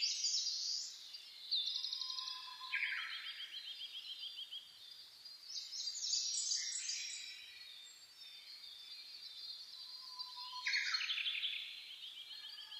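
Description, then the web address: Birds singing together at dawn, busy overlapping trills and chirps, recurring loud phrases, and a soft low whistle now and then. Dawn chorus (reimei) recorded 10 May 2010. "reimei -saezuri-20100510"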